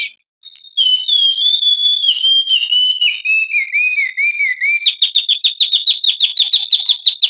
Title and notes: ND Burung. Nada Dering Burung Dengan Suara Merdu